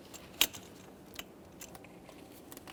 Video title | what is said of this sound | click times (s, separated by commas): How to Replace Throttle Body Assembly 2013-2020 Ford Fusion 2.0L I4 | we'll just press that on listen for a click make sure it's locked in | 0.4 s